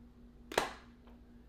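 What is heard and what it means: A black titanium iPhone 15 Pro Max is pressed into a frosted plastic Phone Rebel Gen 5 Frosted case, taking a firm push to get in. A sharp, loud snap at 0.6 s marks the phone seating in the case, followed by a faint softer tap near 1.1 s over a low steady hum.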